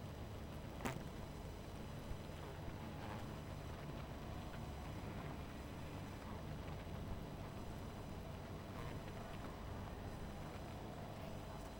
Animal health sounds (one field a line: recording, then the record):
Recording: honeybee colony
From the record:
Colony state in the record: missing queen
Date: 14 July 2017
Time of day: 19:19